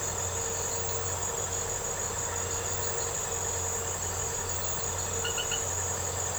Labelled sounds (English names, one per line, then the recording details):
none
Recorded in secondary vegetation near Puerto Asís, Putumayo, Colombia, on 4 March 2025 at 00:00
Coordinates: 0.468, -76.324
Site G059